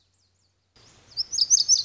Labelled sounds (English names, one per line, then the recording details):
Lazuli Bunting
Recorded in Sonoma County, California